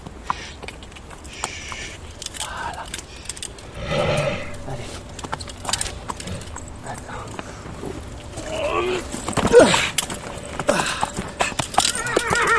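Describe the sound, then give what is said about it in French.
Hooves clip-clop in a steady, uneven patter while a horse lets out a couple of whinnies, the loudest near the end, with a voice speaking faintly now and then. “Allez, viens là, mon cheval.”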